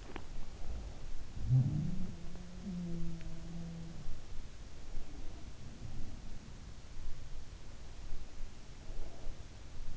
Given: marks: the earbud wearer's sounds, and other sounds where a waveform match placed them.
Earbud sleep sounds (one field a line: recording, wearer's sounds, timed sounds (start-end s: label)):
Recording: sounds in sleep by an in-ear microphone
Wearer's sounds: teeth grinding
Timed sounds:
0.00-0.33 s: teeth grinding
1.14-4.18 s: sound from someone else or the room